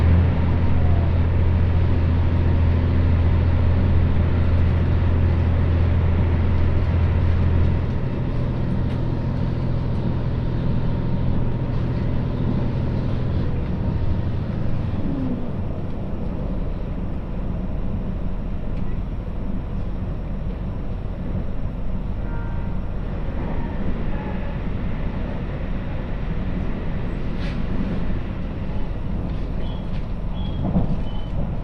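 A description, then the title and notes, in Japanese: A train ride on the Muroran Main Line, running from Koboro toward Toya. A dense, steady low rumble fills the whole clip, with a strong low hum for the first eight seconds and a second tone fading around fifteen seconds. 耳で楽しむ鉄道旅 室蘭本線 小幌→洞爺。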